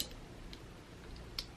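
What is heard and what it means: The plastic plunger of a Dexcom glucose sensor applicator is pushed into pinched skin to insert the sensor. Two sharp clicks sound at 0.0 s and 1.4 s, with faint ticks between them. The sensor is seated.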